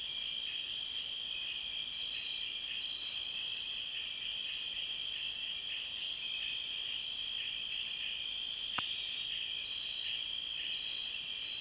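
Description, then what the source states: Insect chorus, a dense steady high-pitched ringing with a repeated pulsed trill, plus one brief click. Insect chorus recorded in Peru.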